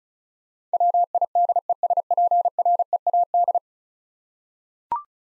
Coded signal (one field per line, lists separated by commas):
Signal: Morse code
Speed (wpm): 36 wpm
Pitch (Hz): 700 Hz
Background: none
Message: WIDESPREAD